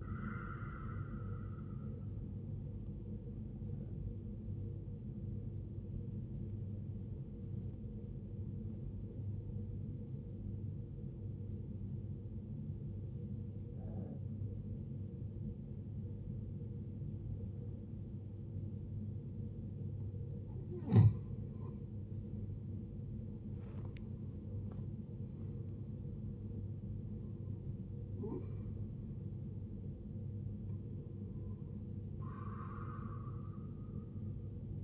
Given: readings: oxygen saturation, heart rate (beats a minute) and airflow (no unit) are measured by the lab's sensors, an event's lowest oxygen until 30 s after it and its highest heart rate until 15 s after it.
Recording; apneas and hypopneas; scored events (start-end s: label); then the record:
breathing in sleep by a smartphone at the bedside; 1
5.00-22.00 s: obstructive apnea (N1, oxygen 89% highest, then 88% lowest, heart rate 56 at the start, 77 highest)
From the record:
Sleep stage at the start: N1 (lightest sleep); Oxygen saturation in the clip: 79 to 95%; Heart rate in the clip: 53 to 77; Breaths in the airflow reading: 5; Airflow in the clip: -10.0 to 13.6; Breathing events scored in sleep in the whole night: 389 in 6.3 hours asleep